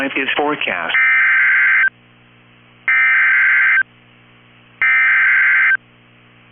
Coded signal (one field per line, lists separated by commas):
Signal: Emergency Alert System (SAME) tones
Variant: header bursts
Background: speech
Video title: EAS #4 SevereT storm watch for central Minnesota and Minneapolis 6/2/25